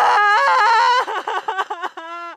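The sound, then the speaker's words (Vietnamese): A woman's high, quavering wail of crying rises and falls in pitch, breaking into sobbing pulses before ending in a long, strained mournful note. “Quyết chú càng vang vọng thì tiếng khóc lại càng ai oán đến não lòng.”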